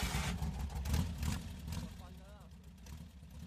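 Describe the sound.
A motorcycle engine is started once more and settles into a steady, throbbing low rumble with uneven pulses, while a voice briefly sounds over it partway through.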